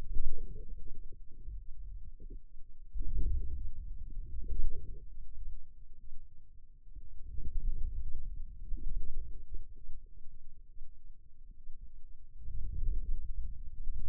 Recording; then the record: forearm muscle sounds (acoustic myography)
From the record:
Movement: inward rotation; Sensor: system 2, bracelet of six BSWA MPA416 microphones around the upper forearm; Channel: 5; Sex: male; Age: 22 years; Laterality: right